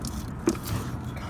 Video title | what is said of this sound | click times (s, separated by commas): 1999-2007 GM Truck Washer Fluid Pump Test/Replacement | Okay, you can see it's all the way seated. | 0.1 s, 0.5 s